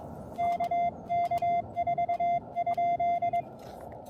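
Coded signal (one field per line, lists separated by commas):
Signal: Morse code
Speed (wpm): 22 wpm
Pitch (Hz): 690 Hz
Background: none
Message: KK4?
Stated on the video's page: Park activation using an Elecraft K1, CW Morse TSL1 single-lever paddle, battery power, and a CHA LEFS 4010 antenna at a state park.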